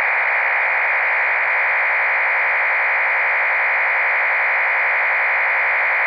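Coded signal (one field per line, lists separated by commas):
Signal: MT63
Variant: MT63-2K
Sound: continuous dense warbling hiss-like block of many tones, steady for six seconds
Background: low hum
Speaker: running mt360 mt 632k and we're about to send a message here so here we go let's see what we get all right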